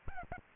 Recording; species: mosquito wingbeat signal from an infrared sensor; Aedes albopictus